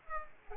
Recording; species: mosquito wingbeat signal from an infrared sensor; Aedes aegypti